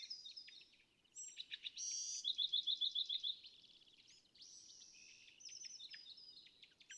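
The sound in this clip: California thrasher song of varied high phrases, including a clear series of about eight quick repeated chips, over steady low rumbling background noise.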